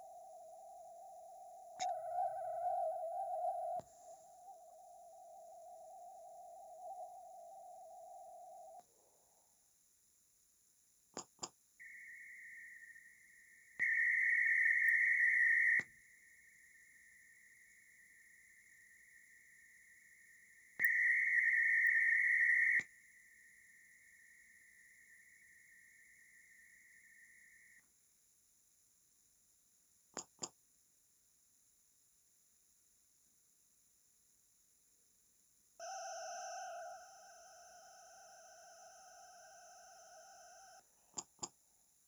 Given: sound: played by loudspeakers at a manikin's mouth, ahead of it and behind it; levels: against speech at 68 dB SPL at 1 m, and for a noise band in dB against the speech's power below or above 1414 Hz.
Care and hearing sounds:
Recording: test signals for a remote microphone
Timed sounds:
0.00-1.79 s: noise band at 707 Hz, -13 dB
1.79-3.79 s: noise band at 707 Hz, +22 dB
3.79-8.79 s: noise band at 707 Hz, -13 dB
11.17 s: click
11.42 s: click
11.79-13.79 s: noise band at 2000 Hz, -13 dB
13.79-15.79 s: noise band at 2000 Hz, +22 dB
15.79-20.79 s: noise band at 2000 Hz, -13 dB
20.79-22.79 s: noise band at 2000 Hz, +22 dB
22.79-27.79 s: noise band at 2000 Hz, -13 dB
30.17 s: click
30.42 s: click
35.79-40.79 s: four noise bands (707, 1414, 2828 and 5656 Hz), 50 dB SPL
41.17 s: click
41.42 s: click
From the record:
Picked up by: remote microphone A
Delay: 47 ms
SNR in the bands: 30 dB at 707 Hz, 26 dB at 1414 Hz, 17 dB at 2828 Hz, 18 dB at 5656 Hz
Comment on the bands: stepped gain adaptation after first 1 s

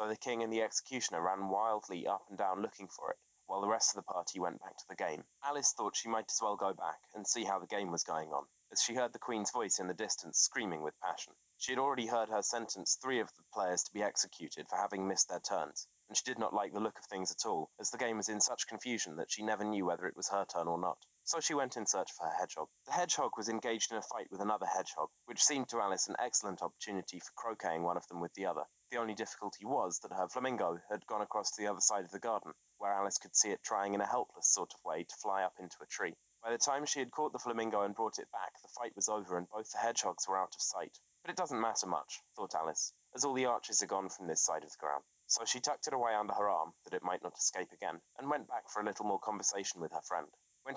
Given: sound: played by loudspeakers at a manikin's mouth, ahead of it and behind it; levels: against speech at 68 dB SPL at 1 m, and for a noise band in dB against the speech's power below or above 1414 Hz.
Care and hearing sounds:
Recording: test signals for a remote microphone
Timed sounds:
0.00-50.77 s: man speaking
From the record:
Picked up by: remote microphone B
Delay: 24 ms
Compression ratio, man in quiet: 2.01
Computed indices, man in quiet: SII 0.993, HASPI 0.999, HASQI 0.298 (non-linear 0.353, linear 0.843), ESTOI 0.753

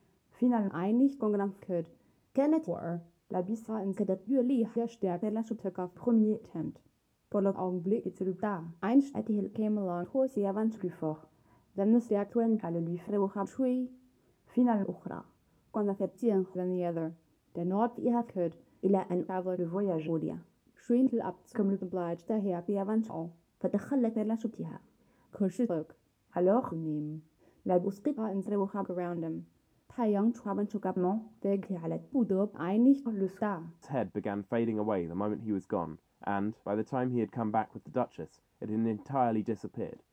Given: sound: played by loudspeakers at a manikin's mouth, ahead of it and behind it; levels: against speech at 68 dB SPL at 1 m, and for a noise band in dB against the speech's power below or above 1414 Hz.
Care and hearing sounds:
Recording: test signals for a remote microphone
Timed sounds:
0.00-33.82 s: speech test signal (ISTS)
33.82-40.13 s: man speaking
From the record:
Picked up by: measurement microphone

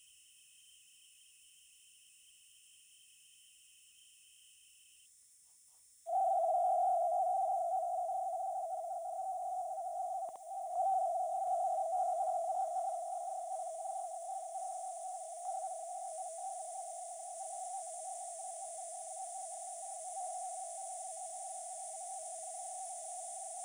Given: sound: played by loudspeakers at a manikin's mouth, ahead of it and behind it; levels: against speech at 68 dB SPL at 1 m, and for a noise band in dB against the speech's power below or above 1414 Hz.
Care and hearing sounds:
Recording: test signals for a remote microphone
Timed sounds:
0.00-5.06 s: noise band at 2828 Hz, as loud as that band is in speech
6.06-10.75 s: noise band at 707 Hz, -10 dB
10.75-15.45 s: noise band at 707 Hz, -5 dB
15.45-20.15 s: noise band at 707 Hz, 0 dB
20.15-23.65 s: noise band at 707 Hz, +5 dB
From the record:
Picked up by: remote microphone B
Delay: 24 ms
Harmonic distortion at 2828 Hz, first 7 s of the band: under -17 dB (system noise only)

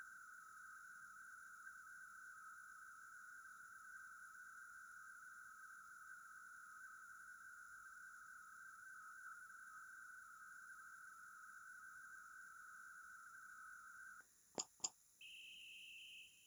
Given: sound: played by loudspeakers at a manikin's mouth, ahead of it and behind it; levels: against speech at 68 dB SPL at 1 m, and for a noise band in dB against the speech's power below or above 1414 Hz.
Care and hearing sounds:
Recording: test signals for a remote microphone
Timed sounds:
0.00-14.20 s: noise band at 1414 Hz, as loud as that band is in speech
14.58 s: click
14.83 s: click
15.20-16.47 s: noise band at 2828 Hz, as loud as that band is in speech
From the record:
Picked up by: remote microphone A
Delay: 47 ms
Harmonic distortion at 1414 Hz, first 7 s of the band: under -37 dB

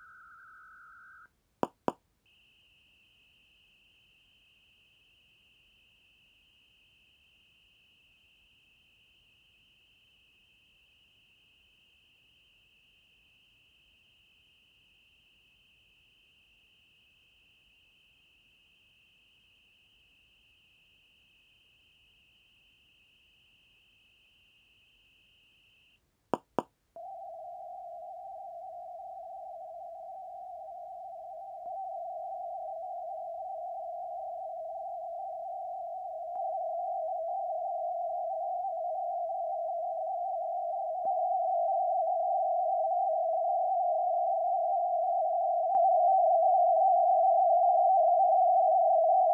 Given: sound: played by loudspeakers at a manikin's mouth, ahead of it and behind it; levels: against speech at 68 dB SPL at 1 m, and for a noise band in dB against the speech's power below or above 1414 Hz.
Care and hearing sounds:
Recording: test signals for a remote microphone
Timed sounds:
0.00-1.26 s: noise band at 1414 Hz, as loud as that band is in speech
1.63 s: click
1.88 s: click
2.26-25.96 s: noise band at 2828 Hz, as loud as that band is in speech
26.34 s: click
26.59 s: click
26.96-31.66 s: noise band at 707 Hz, -10 dB
31.66-36.36 s: noise band at 707 Hz, -5 dB
36.36-41.05 s: noise band at 707 Hz, 0 dB
41.05-45.75 s: noise band at 707 Hz, +5 dB
45.75-49.34 s: noise band at 707 Hz, +10 dB
From the record:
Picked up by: measurement microphone

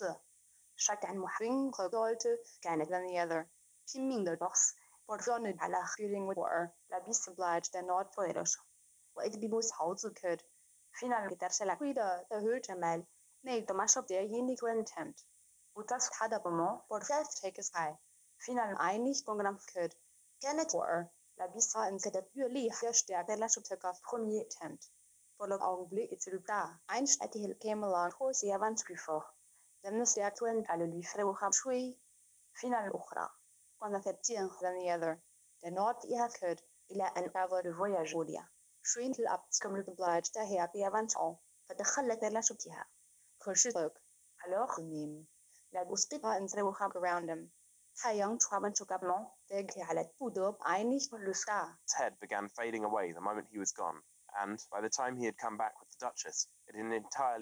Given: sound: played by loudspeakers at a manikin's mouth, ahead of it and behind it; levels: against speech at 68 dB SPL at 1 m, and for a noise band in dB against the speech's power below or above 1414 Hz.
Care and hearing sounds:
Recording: test signals for a remote microphone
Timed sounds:
0.00-51.88 s: speech test signal (ISTS)
51.88-57.41 s: man speaking
From the record:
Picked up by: remote microphone C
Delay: 23 ms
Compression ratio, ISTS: 1.61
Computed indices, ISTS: SII 0.995, HASPI 0.979, HASQI 0.323 (non-linear 0.389, linear 0.829), ESTOI 0.816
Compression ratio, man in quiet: 1.79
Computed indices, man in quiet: SII 0.993, HASPI 0.992, HASQI 0.254 (non-linear 0.305, linear 0.832), ESTOI 0.734

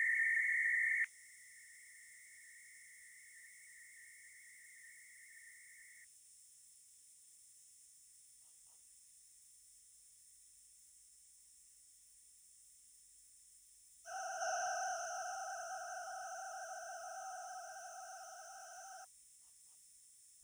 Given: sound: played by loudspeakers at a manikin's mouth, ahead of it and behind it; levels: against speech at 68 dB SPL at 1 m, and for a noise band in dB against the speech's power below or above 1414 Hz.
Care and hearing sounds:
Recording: test signals for a remote microphone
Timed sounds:
0.00-1.04 s: noise band at 2000 Hz, +22 dB
1.04-6.04 s: noise band at 2000 Hz, -13 dB
14.04-19.04 s: four noise bands (707, 1414, 2828 and 5656 Hz), 50 dB SPL
From the record:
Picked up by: remote microphone C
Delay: 23 ms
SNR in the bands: 32 dB at 707 Hz, 27 dB at 1414 Hz, 14 dB at 2828 Hz, 22 dB at 5656 Hz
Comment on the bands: gain adaptation more progressive through entire signal

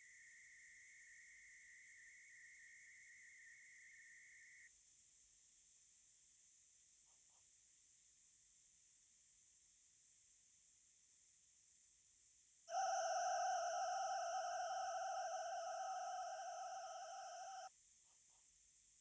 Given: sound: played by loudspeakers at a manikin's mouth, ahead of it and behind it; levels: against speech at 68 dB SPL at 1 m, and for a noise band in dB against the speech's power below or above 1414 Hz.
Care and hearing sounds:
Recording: test signals for a remote microphone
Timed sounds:
0.00-4.67 s: noise band at 2000 Hz, -13 dB
12.67-17.67 s: four noise bands (707, 1414, 2828 and 5656 Hz), 50 dB SPL
From the record:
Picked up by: remote microphone B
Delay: 24 ms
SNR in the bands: 34 dB at 707 Hz, 26 dB at 1414 Hz, 20 dB at 2828 Hz, 21 dB at 5656 Hz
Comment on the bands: gain adaptation more progressive through entire signal

